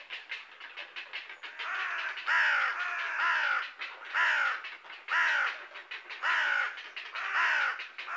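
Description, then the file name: Carrion crow calls: hoarse, downward-bending caws repeated about once a second, growing louder after a quieter start. "Corvus corone"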